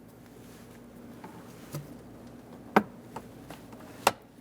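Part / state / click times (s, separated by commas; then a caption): glove box lever into its mounting hole in the dash / seated / 2.8 s, 4.1 s. The glove box lever on the passenger side of a 2008-2017 Buick Enclave, refitted during a cabin air filter replacement, is slid into its matching mounting hole in the dash and pressed down to lock it. Faint handling noises lead up to two sharp clicks at 2.8 s and 4.1 s. The lever is seated and locked in place.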